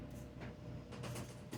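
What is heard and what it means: A small ball-end part is lined up with its slot on the carburetor of a Stihl SH55 blower vac during a fuel line repair kit install. Soft handling and scraping noises come through over a low, steady hum. Nothing has seated or clicked yet.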